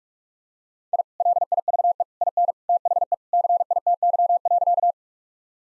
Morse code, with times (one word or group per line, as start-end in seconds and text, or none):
0.9-1.0 I
1.2-2.0 LIVE
2.2-2.5 IN
2.7-3.1 THE
3.3-4.9 CITY.